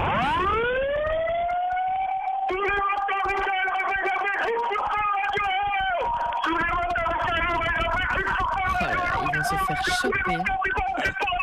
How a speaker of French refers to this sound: Allez, 3, 2, 1, on fait un petit coup de sirène quand même.